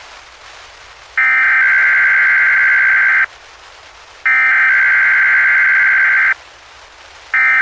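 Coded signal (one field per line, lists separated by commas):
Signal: Emergency Alert System (SAME) tones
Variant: header bursts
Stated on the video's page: Several weekly tests.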